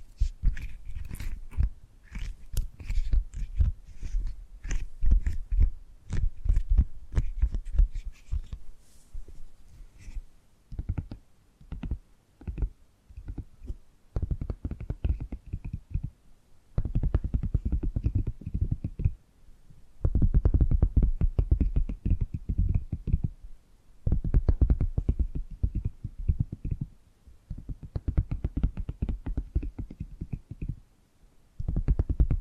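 Tapping and gripping sounds come in bursts of quick, dull taps with brief pauses between groups. The first ten seconds are denser and brighter, with scratchy clicks on top; later bursts are mostly low and muffled, separated by short near-silences.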